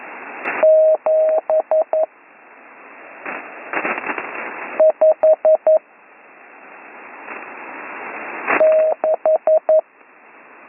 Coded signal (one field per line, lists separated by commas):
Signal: Morse code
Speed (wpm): 11 wpm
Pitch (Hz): 630 Hz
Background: radio noise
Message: 7 5 6